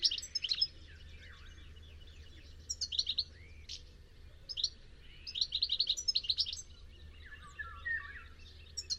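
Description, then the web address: Bird chirping: high, thin, rapid notes in scattered bursts, mixed with lower slurred whistles, over a faint constant low hum. "Deverinetal. Bird Only"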